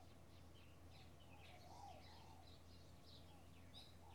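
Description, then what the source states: Birds calling in a loose chorus, with scattered high chirps and short twittering notes over a steady low hum. Bird ambience in a field in the early morning with a slight breeze.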